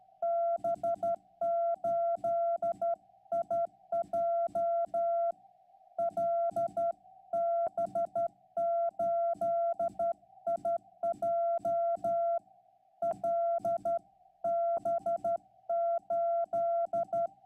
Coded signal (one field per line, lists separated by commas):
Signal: Morse code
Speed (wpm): 12 wpm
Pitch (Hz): 680 Hz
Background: none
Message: B8IJ LB8IJ LB8